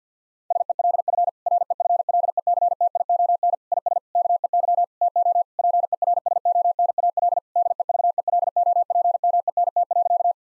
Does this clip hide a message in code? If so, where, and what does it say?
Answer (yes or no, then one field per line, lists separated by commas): yes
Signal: Morse code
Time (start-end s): 0.5-10.3 s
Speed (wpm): 49 wpm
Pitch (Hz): 700 Hz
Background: none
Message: SELF REFLECTION IS KEY TO PERSONAL DEVELOPMENT.